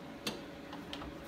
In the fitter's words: now that that's in the lock position hear that click I locked